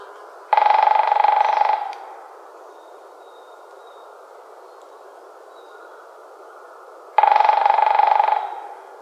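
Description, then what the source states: Japanese green woodpecker sound: two buzzy, rapid bursts about one and a half seconds long, roughly six seconds apart, with quiet background between them. 30 May 2017.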